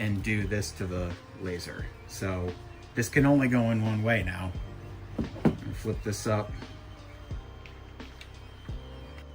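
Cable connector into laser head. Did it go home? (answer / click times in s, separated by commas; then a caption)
no / none. A cable connector is being handled at a PLH3D-XT8 laser head that is keyed so the connector fits only one way, with its retaining latch being flipped up. Someone talks over background music, and a few small taps and handling knocks follow. Nothing has seated or clicked yet.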